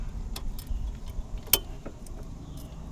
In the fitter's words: make sure you hear it snap into place